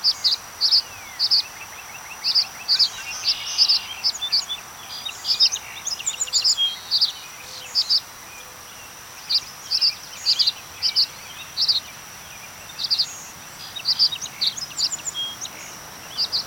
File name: Tree Swallow - Tachycineta bicolor